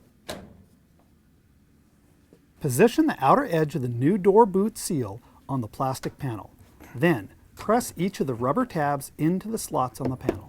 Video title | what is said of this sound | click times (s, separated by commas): Maytag Washer Lip Seal Kit 12002022 Replacement — fits Whirlpool/KitchenAid | reinstall the plastic front panel making sure that the three tabs on the bottom lock into place | 0.3 s